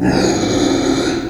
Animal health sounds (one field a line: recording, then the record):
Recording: squeal of a Yucatan mini pig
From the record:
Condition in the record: before surgery on the right vocal fold (resection and tissue-engineered implant)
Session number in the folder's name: 2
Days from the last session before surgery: -15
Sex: female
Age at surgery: 19 weeks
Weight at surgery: 25 kg